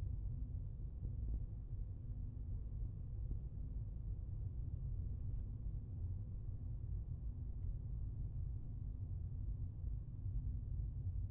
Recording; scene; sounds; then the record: everyday scene through a hearing-aid microphone; in a vehicle; engine, rumble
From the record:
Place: Skoda Fabia, gasoline engine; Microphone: behind the ear, left, front